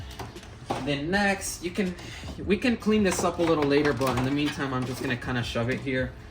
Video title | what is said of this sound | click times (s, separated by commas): Cali Raised 32" LED Light Bar Installation - 3rd gen Toyota Tacoma! | just like that plug it in you want you're going to hear that snap so that means it's all the way connected | 0.7 s